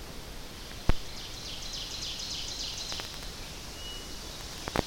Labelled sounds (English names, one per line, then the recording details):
Ovenbird song
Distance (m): 80 m
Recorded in boreal forest in Alberta, Canada, on 10 June 2016 at 07:48
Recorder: SongMeter 3, array SBT-3-39
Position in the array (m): 325 m, 145 m
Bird 19